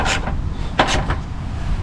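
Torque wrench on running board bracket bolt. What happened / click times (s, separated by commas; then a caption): The torque wrench clicked at its setting / 0.8 s. A click-type torque wrench tightens the next running board bracket bolt during a Toyota Tacoma tube step install, with brief rasping strokes before a sharp click at 0.8 s as the wrench reaches its setting. A softer click follows at 1.1 s.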